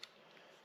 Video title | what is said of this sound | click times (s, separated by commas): Planer Rebuild ― Wrapping-Up the Motor Control Box | Locks in place, | 0.0 s